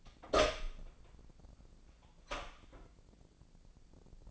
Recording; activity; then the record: daily activity, microphone in the room; open door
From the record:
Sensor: 5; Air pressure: 1009.3 hPa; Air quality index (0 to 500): 167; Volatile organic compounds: 2 ppm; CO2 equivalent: 1272 ppm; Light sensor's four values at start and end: 159/376/160/173 and 159/376/160/173